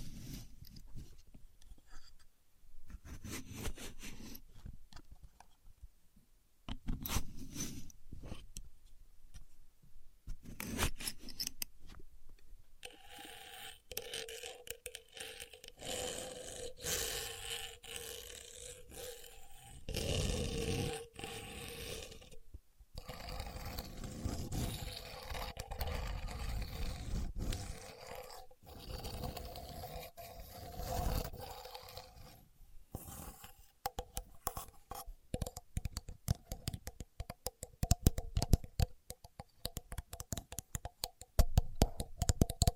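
A contour gauge is handled, its pins clicking and scraping in quick, irregular bursts. From about 12 seconds a steady raspy rubbing takes over, with a faint tonal hum underneath, broken by brief pauses near 22 and 32 seconds before sharper clicks return.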